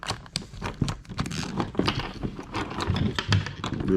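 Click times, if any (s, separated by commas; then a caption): 0.4 s. After the plastic cover is pulled off, the inlet filter sock is pressed onto an AEM fuel pump for a GT-R among light handling and crinkling noises, and it snaps into place with a sharp click at 0.4 s. The sock is seated.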